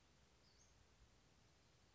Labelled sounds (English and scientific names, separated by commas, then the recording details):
Western Flycatcher (Empidonax difficilis)
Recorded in Sonoma County, California